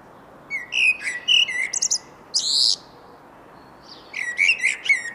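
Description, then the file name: Common blackbird singing short phrases of low whistled notes broken by thin, scratchy high twitters, with a brief pause before a final twittering burst. "Turdus merula"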